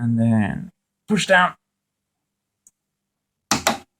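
Someone talks while a RAM memory module is pressed down into a motherboard DIMM slot. The retention latches give two sharp clicks at 3.5 s and 3.7 s, and the module is seated.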